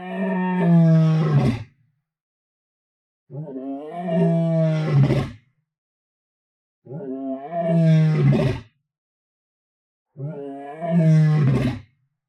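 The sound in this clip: Lion moans, four deep, harmonic calls, each about one and a half seconds long, repeated roughly every three seconds with silent gaps between them.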